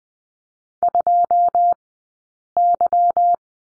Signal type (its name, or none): Morse code